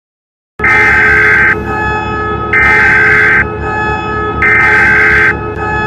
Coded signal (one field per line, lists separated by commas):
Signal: Emergency Alert System (SAME) tones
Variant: header bursts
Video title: WAKE ISLANDS EAS ALARM